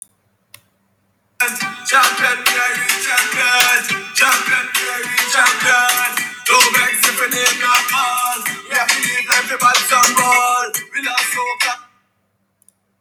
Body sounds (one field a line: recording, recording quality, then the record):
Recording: counting at a fast pace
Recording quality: poor, much background noise or distortion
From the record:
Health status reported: COVID-19 positive, no symptoms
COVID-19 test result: positive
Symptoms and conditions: breathing difficulty, diarrhoea, asthma, chronic lung disease, diabetes, ischaemic heart disease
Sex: other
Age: 77 years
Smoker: not ticked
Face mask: not worn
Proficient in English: yes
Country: France